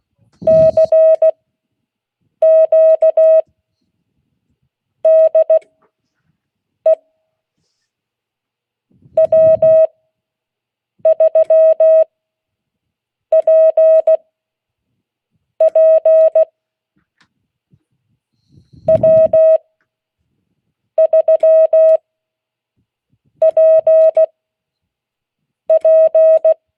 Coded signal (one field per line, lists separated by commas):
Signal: Morse code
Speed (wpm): 16 wpm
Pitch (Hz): 640 Hz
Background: none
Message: CQ DE W3PP W3PP